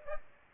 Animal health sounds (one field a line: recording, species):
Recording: mosquito wingbeat signal from an infrared sensor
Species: Aedes aegypti